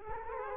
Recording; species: mosquito wingbeat signal from an infrared sensor; Culex quinquefasciatus